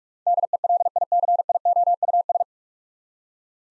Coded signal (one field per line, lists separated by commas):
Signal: Morse code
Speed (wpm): 46 wpm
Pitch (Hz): 700 Hz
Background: none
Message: DELICIOUS